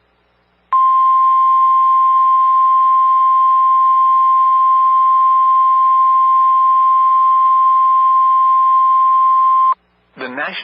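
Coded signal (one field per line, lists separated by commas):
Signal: Emergency Alert System (SAME) tones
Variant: 1050 Hz attention tone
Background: speech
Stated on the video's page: Emergency Alert System tones from real alerts relayed by NOAA Weather Radio station WXJ71.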